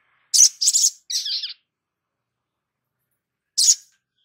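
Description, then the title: Spiderhunter song: three quick high buzzy chip bursts followed by a short twittering phrase, then silence and one more sharp chip near the end. Labaik song variant. "Sogok Ontong Labaik"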